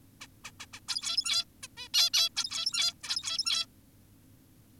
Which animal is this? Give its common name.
Zebra Finch